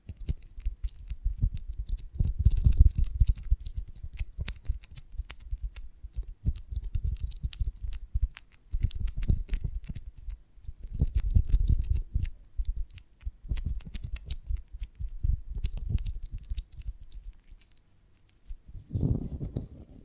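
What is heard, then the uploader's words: Honeycomb on a branch crackles and crunches in repeated waxy bursts every few seconds, thick with low thumps and crisp bright clicks. ASMR of a Honeycomb on Branch (No Talking).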